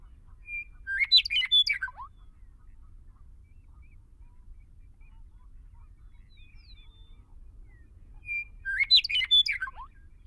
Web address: Know Your Bird Sounds Common Western Species. Western Meadowlark